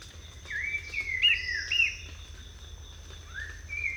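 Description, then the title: Abbott's babbler song: clear whistled notes sliding between mid and high pitch, a short run of linked phrases followed by a lower rising whistle, with faint low hum beneath. Magnificent song from a bird hidden in forest undergrowth, Cardamom forest, western Cambodia; sang in the morning around 6:30 for half an hour, then silent for the rest of the day. "Akalat d'Abbott - Cambodge"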